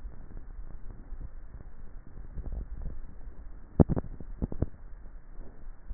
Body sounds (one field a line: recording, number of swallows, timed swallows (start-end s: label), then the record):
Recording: swallowing sounds by neck microphone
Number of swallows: 1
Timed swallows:
2.15-3.05 s: swallow
From the record:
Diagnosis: dysphagia